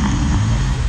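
A steady low, rough rumble of an adult snoring in sleep, like a heavy engine idling, or like moving snow or a big truck getting ready to rev up and go.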